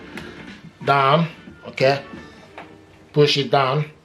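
A plastic toner cartridge for an HP LaserJet M110we wireless printer, lined up by its arrow, is being lowered straight into the laser printer and pushed down while someone talks. A couple of brief handling knocks are heard, at about 0.2 s and 2.6 s. The cartridge has not seated or clicked into place yet.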